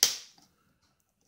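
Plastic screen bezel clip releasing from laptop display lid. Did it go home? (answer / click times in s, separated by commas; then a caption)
released / 0.0 s. The plastic screen bezel of a Sony VAIO SVE1713X1EB laptop is pried off its display lid, and a retaining clip snaps loose with a sharp, bright crack at 0.0 s that rings out and fades over about a third of a second. A faint small tick follows near 0.4 s, then near silence, and the bezel clip is released.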